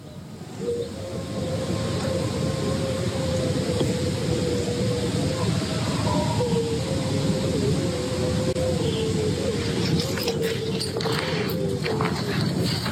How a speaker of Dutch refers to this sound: Ja, wat een moment. Horen we daar wolven?